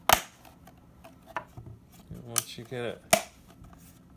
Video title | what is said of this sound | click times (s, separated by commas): Install hard drive into Seagate expansion enclosure | Now it's not going to sound very pleasant, but you just snap it in place. | 0.1 s, 1.4 s